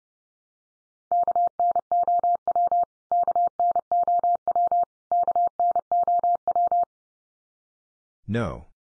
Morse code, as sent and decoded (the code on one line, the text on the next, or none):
-.- -. --- .-- / -.- -. --- .-- / -.- -. --- .--
KNOW KNOW KNOW